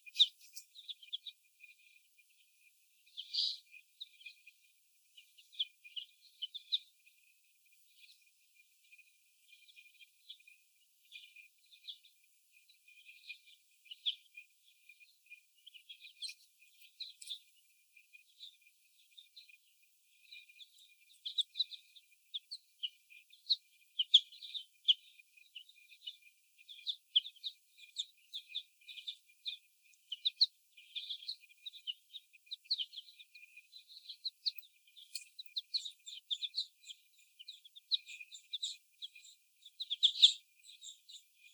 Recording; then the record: young laying hens in a cage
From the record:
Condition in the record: before the stressor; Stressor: sudden umbrella opening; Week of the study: 1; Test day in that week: 1